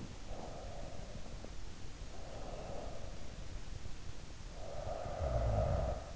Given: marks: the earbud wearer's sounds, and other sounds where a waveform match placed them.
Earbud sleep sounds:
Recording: sounds in sleep by an in-ear microphone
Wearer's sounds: breath, snoring breath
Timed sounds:
0.03-3.06 s: breath
4.25-6.16 s: snoring breath

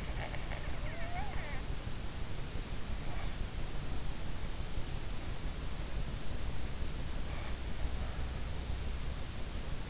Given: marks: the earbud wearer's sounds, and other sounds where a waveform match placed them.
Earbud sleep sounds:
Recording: sounds in sleep by an in-ear microphone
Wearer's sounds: snoring breath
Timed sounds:
0.00-1.54 s: snoring breath

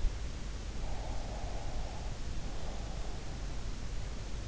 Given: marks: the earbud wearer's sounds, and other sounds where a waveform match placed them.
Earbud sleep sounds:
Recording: sounds in sleep by an in-ear microphone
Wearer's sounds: breath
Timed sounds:
0.82-3.28 s: breath

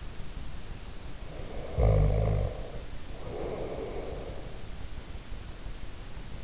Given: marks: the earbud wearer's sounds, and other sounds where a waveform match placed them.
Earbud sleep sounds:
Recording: sounds in sleep by an in-ear microphone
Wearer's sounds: snoring breath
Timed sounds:
1.13-4.65 s: snoring breath

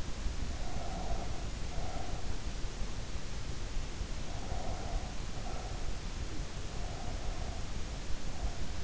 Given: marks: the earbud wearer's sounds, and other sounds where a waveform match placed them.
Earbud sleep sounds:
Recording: sounds in sleep by an in-ear microphone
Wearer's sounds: breath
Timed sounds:
0.62-2.71 s: breath
4.28-5.94 s: breath
6.94-8.84 s: breath

